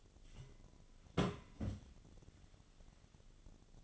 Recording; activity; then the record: daily activity, microphone in the room; place on stove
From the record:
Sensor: 4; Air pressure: 1010.8 hPa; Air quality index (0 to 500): 169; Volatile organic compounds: 5 ppm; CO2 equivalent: 1719 ppm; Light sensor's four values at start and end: 39/112/45/46 and 40/113/45/46